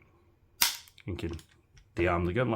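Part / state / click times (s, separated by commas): airsoft gas magazine in rifle magwell / released / 0.6 s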